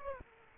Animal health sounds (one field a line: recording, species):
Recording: mosquito wingbeat signal from an infrared sensor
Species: Aedes aegypti